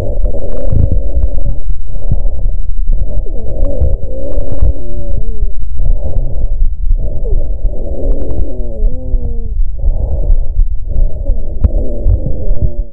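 Rhonchi heard over a child's chest through a stethoscope: low-pitched, snoring, rumbling sounds with musical tones, in repeated bursts with breathing.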